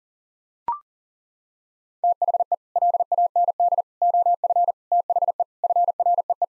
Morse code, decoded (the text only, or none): THE LAND OF THE FREE